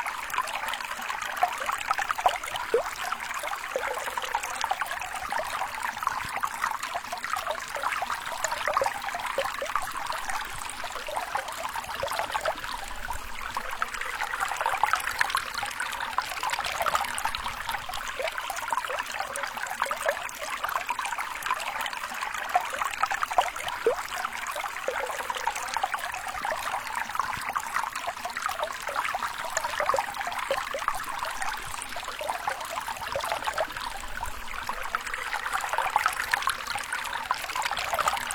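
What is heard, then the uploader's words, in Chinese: A clear stream runs over rocks, a steady, dense trickling and babbling that holds the same level for the whole stretch. The sound is bright, made of countless small splashes with little low rumble, and nothing else intrudes. 石涧清流。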